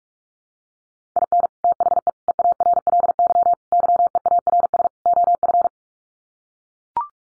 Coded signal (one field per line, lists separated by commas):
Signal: Morse code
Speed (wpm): 44 wpm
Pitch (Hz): 700 Hz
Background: none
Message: IN THE EARLY YEARS OF